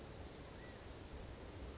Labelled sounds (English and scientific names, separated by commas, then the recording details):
California Quail (Callipepla californica)
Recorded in Sonoma County, California